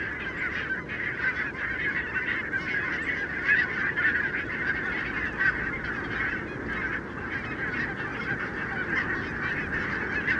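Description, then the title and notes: Barnacle goose: barnacle geese calling as a huge flock, a dense continuous wall of overlapping yelping barks with no gaps, steady throughout. Flock of about 20,000 on wintering grounds at Renesse, Netherlands, 12 January 2009; very noisy winter gathering; recorded with Nagra LB and Telinga P7. "Renesse - Pays-bas. 20 000 Bernache nonnette ( Branta leucopsis) en Hollande"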